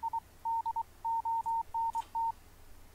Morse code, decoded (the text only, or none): I DONT